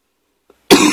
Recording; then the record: coughing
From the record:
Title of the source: 64 coughing, allergies, singing lungs